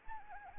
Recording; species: mosquito wingbeat signal from an infrared sensor; Anopheles arabiensis